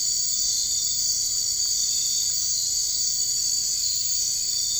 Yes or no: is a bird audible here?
no